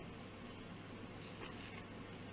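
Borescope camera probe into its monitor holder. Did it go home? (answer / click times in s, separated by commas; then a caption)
no / none. A borescope camera probe is handled and lined up with its monitor holder, which has a small lock, before being locked into place. A steady low hum and broadband hiss continue throughout with faint handling noise. Nothing has seated or clicked yet.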